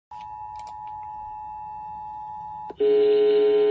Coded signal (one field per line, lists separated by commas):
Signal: Emergency Alert System (SAME) tones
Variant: 853 and 960 Hz attention tone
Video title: HELLO, HAPPY VALLEY! (L.S. EAS #168) Severe Thunderstorm Warning